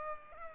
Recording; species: mosquito wingbeat signal from an infrared sensor; Culex pipiens